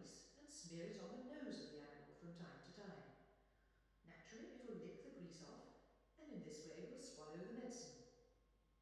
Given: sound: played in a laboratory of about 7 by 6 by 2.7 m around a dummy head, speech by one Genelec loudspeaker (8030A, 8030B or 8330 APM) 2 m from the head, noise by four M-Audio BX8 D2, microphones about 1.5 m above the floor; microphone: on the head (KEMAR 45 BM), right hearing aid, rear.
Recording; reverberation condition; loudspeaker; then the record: female speech in English; high; 30 degrees to the left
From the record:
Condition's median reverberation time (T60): about 1300 ms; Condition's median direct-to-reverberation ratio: about -4.0 dB